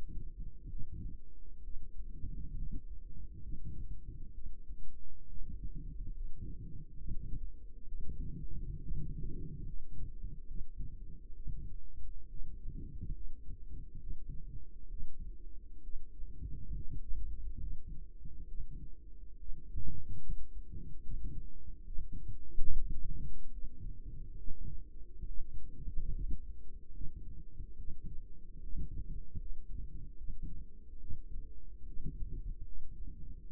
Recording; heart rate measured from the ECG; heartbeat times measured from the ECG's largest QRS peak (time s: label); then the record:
heart sounds by microphone in the right ear; 70 bpm
0.68 s: heartbeat
1.62 s: heartbeat
2.54 s: heartbeat
3.40 s: heartbeat
4.33 s: heartbeat
5.27 s: heartbeat
6.12 s: heartbeat
6.96 s: heartbeat
7.87 s: heartbeat
8.80 s: heartbeat
9.64 s: heartbeat
10.46 s: heartbeat
11.34 s: heartbeat
12.28 s: heartbeat
13.12 s: heartbeat
13.98 s: heartbeat
14.89 s: heartbeat
15.82 s: heartbeat
16.72 s: heartbeat
17.58 s: heartbeat
18.46 s: heartbeat
19.37 s: heartbeat
20.20 s: heartbeat
21.01 s: heartbeat
21.85 s: heartbeat
22.69 s: heartbeat
23.50 s: heartbeat
24.36 s: heartbeat
25.26 s: heartbeat
26.12 s: heartbeat
26.91 s: heartbeat
27.76 s: heartbeat
28.61 s: heartbeat
29.37 s: heartbeat
30.16 s: heartbeat
30.98 s: heartbeat
31.85 s: heartbeat
32.63 s: heartbeat
33.44 s: heartbeat
From the record:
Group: healthy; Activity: rest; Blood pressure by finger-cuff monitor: 135/75 mmHg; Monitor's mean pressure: 94 mmHg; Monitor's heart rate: 70 bpm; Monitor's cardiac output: 6.6 L/min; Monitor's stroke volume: 95 mL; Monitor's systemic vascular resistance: 1030 dyn s/cm5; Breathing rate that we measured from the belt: 18 breaths a minute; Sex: female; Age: 22 years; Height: 154 cm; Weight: 58.7 kg